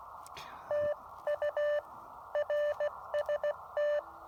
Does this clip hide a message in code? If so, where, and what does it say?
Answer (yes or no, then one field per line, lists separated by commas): yes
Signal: Morse code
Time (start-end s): 0.7-4.0 s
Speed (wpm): 18 wpm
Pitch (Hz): 590 Hz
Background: none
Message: TU RST